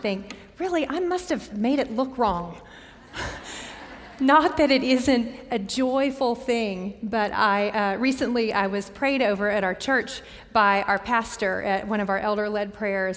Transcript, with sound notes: I think, Really, I must have made it look wrong! [laughter] Not that it isn't a joyful thing, but... Recently I was prayed over at our church by our pastor at one of our elder-led prayers.